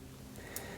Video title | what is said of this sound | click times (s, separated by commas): Build The FDNY Fire Truck Tower Ladder 9 1/24 Agora Models PACK 3 | elle vient tout simplement se clipser alors | 0.4 s, 0.6 s